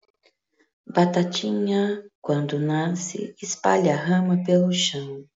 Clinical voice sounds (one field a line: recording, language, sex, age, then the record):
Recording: short text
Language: Brazilian Portuguese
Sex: female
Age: 50 to 59 years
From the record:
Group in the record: control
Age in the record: 56 years